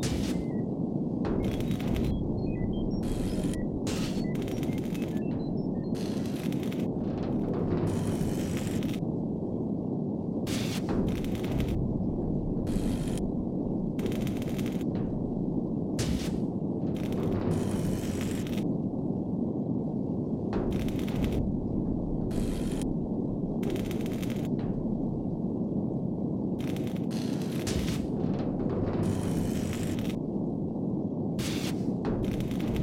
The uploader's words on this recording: Immersive Spaceships ambience sounds. Sound-designed and edited by Vlad O.